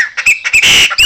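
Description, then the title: Chopi Blackbird song: short whistled notes that alternate with rough, hissing bursts, ending in a bright whistle. "Passaro Preto"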